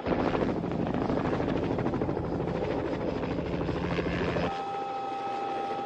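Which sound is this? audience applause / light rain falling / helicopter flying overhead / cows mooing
helicopter flying overhead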